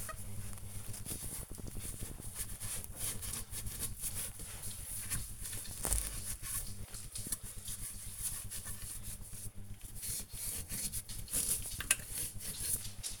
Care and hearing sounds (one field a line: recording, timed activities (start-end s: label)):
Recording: household activities, microphone on the right wrist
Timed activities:
0.00-13.20 s: bathroom cleaning (washbasin)